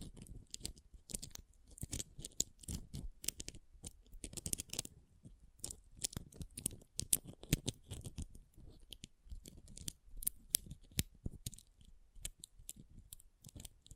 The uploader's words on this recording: ASMR Ultimate Pom Pom Tingles (No Talking).